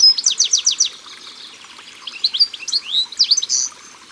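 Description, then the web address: European goldfinch song: a fast run of repeated high notes, a brief lull, then a tinkling twitter of varied slurred chirps. Sung by the water. "Chardonneret elegant Au bord de leau. album au-bord-de-leau"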